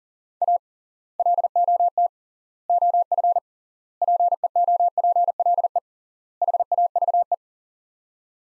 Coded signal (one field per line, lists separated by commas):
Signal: Morse code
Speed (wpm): 40 wpm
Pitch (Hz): 700 Hz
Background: none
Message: A LOT OF PEOPLE HAVE